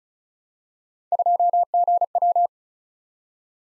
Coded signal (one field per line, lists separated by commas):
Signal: Morse code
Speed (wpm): 36 wpm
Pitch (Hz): 700 Hz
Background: none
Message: 2GW